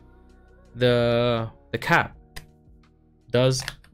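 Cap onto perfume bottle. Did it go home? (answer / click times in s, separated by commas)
no / none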